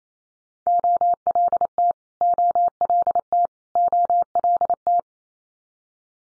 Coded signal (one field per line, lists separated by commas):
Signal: Morse code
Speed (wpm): 28 wpm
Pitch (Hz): 700 Hz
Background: none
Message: OLT OLT OLT